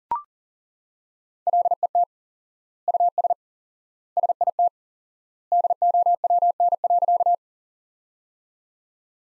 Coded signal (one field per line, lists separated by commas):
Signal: Morse code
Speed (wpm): 40 wpm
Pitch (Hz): 700 Hz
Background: none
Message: LET US SIT DOWN.